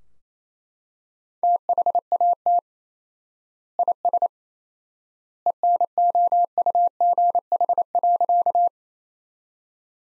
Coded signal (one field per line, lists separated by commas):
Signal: Morse code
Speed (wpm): 28 wpm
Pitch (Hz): 700 Hz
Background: none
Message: THAT IS ENOUGH.